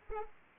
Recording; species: mosquito wingbeat signal from an infrared sensor; Anopheles arabiensis